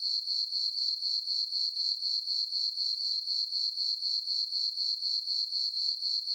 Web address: Animal, Crickets, Chirp, Ambience, Night, Insect, Bug